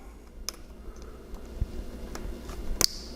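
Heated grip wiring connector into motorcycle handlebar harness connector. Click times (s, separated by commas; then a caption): 0.5 s, 2.8 s. A plastic wiring connector from a heated grip is pressed into the harness connector on a Harley Road Glide's handlebar wiring after the dummy plug was removed. Sharp snaps land at 0.5 s and 2.8 s, with fainter ticks between them. The connector snaps fully into the harness plug and is seated and connected.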